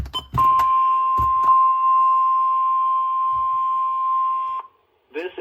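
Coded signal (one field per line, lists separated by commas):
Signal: Emergency Alert System (SAME) tones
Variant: 1050 Hz attention tone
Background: speech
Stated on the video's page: NOAA Weather Radio Required Weekly Test from WXK26, Corpus Christi forecast office, conducted Wednesdays between 11 AM and noon.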